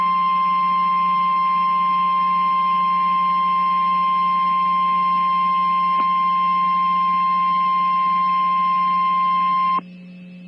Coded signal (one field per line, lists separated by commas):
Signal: Emergency Alert System (SAME) tones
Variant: 1050 Hz attention tone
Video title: Tornado Warning (Stream) (EAS Alert #537)